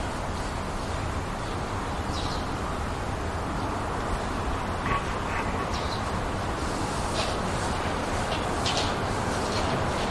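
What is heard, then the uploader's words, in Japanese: Sound recorded from a home window: a steady, dense wash of low rumbling noise runs throughout at an even level, like continuous traffic. Faint, brief high chirps, possibly birds, surface now and then, more often in the second half. 窓辺の音。わたしの自宅の窓から録音した音です。声なし。BGMなし。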